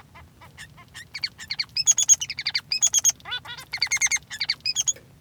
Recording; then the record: song of a male Bengalese finch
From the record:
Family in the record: son of father 3